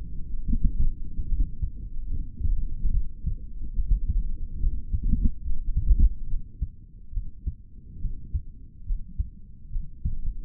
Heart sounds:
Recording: heart sounds by stethoscope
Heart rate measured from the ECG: 71 bpm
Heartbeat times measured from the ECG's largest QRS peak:
0.44 s: heartbeat
1.28 s: heartbeat
2.10 s: heartbeat
2.92 s: heartbeat
3.74 s: heartbeat
4.59 s: heartbeat
5.43 s: heartbeat
6.27 s: heartbeat
7.12 s: heartbeat
8.00 s: heartbeat
8.85 s: heartbeat
9.70 s: heartbeat
From the record:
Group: healthy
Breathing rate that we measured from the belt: 18 breaths a minute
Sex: male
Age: 55 years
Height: 167 cm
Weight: 57.2 kg

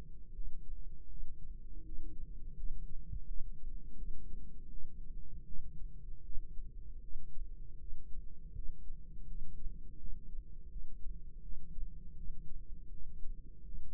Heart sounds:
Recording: heart sounds by microphone in the right ear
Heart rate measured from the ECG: 81 bpm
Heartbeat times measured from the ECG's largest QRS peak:
0.32 s: heartbeat
1.07 s: heartbeat
1.83 s: heartbeat
2.54 s: heartbeat
3.25 s: heartbeat
3.95 s: heartbeat
4.69 s: heartbeat
5.44 s: heartbeat
6.22 s: heartbeat
7.00 s: heartbeat
7.77 s: heartbeat
8.52 s: heartbeat
9.25 s: heartbeat
9.97 s: heartbeat
10.69 s: heartbeat
11.41 s: heartbeat
12.15 s: heartbeat
12.89 s: heartbeat
13.62 s: heartbeat
From the record:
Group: healthy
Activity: rest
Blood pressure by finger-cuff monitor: 160/110 mmHg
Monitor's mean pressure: 126 mmHg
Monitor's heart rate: 83 bpm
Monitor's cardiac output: 4.9 L/min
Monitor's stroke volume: 60 mL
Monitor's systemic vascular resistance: 1920 dyn s/cm5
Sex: female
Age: 51 years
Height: 162 cm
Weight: 70.04 kg

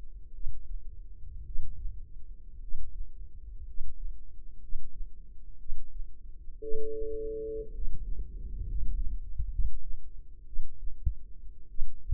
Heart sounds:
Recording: heart sounds by microphone in the left ear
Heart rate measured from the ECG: 58 bpm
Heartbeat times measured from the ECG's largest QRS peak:
0.31 s: heartbeat
1.43 s: heartbeat
2.58 s: heartbeat
3.63 s: heartbeat
4.58 s: heartbeat
5.56 s: heartbeat
6.59 s: heartbeat
7.70 s: heartbeat
8.63 s: heartbeat
9.48 s: heartbeat
10.44 s: heartbeat
11.67 s: heartbeat
From the record:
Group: healthy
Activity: rest 0-8 s, breath hold 8-12 s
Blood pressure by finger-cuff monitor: 104/52 mmHg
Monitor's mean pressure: 64 mmHg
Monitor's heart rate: 59 bpm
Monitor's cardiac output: 5.2 L/min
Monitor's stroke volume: 90 mL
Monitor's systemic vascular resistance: 870 dyn s/cm5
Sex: male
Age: 25 years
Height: 170 cm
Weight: 70.4 kg

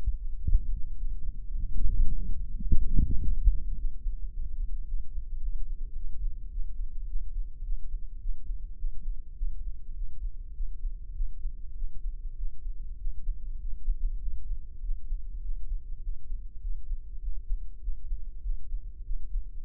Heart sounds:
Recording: heart sounds by microphone in the left ear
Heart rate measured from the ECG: 103 bpm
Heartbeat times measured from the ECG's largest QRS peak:
0.42 s: heartbeat
0.99 s: heartbeat
1.56 s: heartbeat
2.12 s: heartbeat
2.69 s: heartbeat
3.24 s: heartbeat
3.79 s: heartbeat
4.34 s: heartbeat
4.88 s: heartbeat
5.43 s: heartbeat
5.97 s: heartbeat
6.53 s: heartbeat
7.09 s: heartbeat
7.65 s: heartbeat
8.22 s: heartbeat
8.79 s: heartbeat
9.38 s: heartbeat
9.97 s: heartbeat
10.56 s: heartbeat
11.16 s: heartbeat
11.77 s: heartbeat
12.38 s: heartbeat
13.00 s: heartbeat
13.61 s: heartbeat
14.23 s: heartbeat
14.84 s: heartbeat
15.44 s: heartbeat
16.04 s: heartbeat
16.63 s: heartbeat
17.23 s: heartbeat
17.83 s: heartbeat
18.45 s: heartbeat
19.06 s: heartbeat
From the record:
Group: healthy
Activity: cold pressor test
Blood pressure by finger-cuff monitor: 162/97 mmHg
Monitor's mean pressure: 115 mmHg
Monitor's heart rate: 103 bpm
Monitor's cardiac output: 7.9 L/min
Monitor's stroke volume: 75 mL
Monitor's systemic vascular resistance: 1080 dyn s/cm5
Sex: male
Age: 21 years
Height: 175 cm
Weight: 72.6 kg

